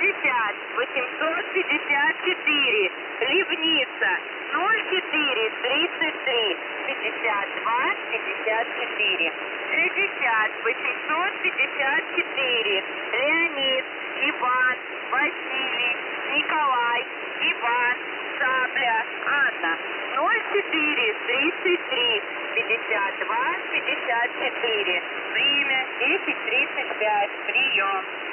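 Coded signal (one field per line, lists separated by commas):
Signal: coded military voice message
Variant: Russian, Vozdukh format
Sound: russian male voice reading number groups and a phonetically spelled codeword over radio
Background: radio static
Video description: The station broadcasts Vozduh messages addressed to Tros-28 (Трос-28)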